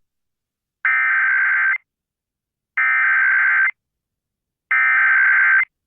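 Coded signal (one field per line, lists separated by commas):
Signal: Emergency Alert System (SAME) tones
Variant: header bursts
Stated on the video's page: AMBER Alert EAS activation caught live on an AM news-talk station, also relayed on FM and TV stations and NOAA Weather Radio.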